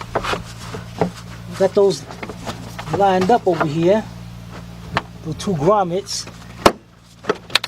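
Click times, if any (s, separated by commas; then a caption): 6.7 s, 7.6 s. On a 2006 Chevy Express G2500 with the 4.8, someone talks as the air cleaner box is lined up and pressed down so its two pegs go into two rubber mounting grommets, over a steady low hum. Sharp snaps at 6.7 s and 7.6 s mark the air cleaner housing seating in the grommets.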